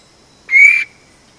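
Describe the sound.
Vogelkop bowerbird giving one loud, brief, ringing whistled note lasting about a third of a second, with a thin steady tone in the background.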